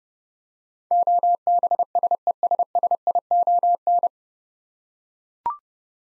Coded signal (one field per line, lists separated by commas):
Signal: Morse code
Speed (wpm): 30 wpm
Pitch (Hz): 700 Hz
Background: none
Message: OBSESSION